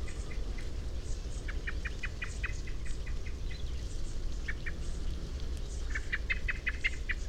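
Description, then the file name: Common blackbird calling with rapid series of clipped metallic notes, pausing between runs, against a steady low hum. "Turdus merula"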